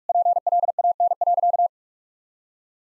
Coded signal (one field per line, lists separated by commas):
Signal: Morse code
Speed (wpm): 46 wpm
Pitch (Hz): 700 Hz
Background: none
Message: PLAN.